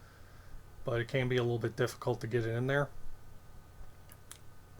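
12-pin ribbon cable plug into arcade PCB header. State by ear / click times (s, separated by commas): seated / 4.1 s, 4.3 s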